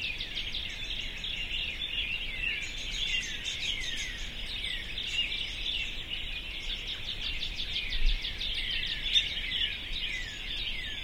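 Bird chorus, constant layered high twittering and trills with no clear gaps, a brief louder burst near the end.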